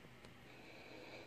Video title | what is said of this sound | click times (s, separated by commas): Wyze Senor Hack DIY Water Leak Detector | after routing the wires through I gently push the board back in place it just snapped right in now | 0.2 s